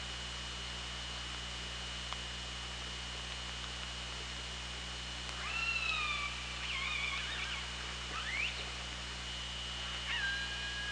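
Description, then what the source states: Killer whale calls: upswept squealing tones with harmonics cluster in the middle, then a final falling call, all over a constant hiss and low electrical hum. OrcaLab hydrophone, 24 August 2017 at 18:28.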